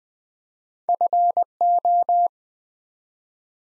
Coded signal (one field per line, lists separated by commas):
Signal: Morse code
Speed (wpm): 20 wpm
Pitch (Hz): 700 Hz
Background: none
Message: FO